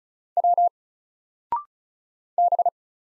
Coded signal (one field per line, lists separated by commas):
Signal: Morse code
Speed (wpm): 36 wpm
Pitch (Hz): 700 Hz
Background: none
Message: W B